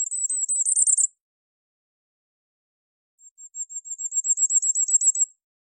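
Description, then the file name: Bisbis song, a very high, thin trill of rapid ticking notes, one short burst and then a longer phrase that starts soft and grows louder. "Canto do bisbis comum"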